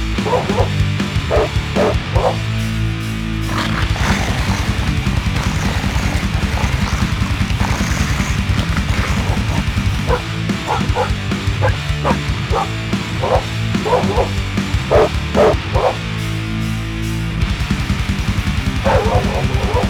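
Pit bull terriers bark in repeated gruff bursts as the lead vocals of loud grindcore, riding over fast pounding drums and distorted guitars that never let up.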